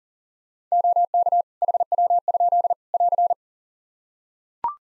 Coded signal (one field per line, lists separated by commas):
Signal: Morse code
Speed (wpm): 40 wpm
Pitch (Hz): 700 Hz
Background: none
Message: OK HW? <AR>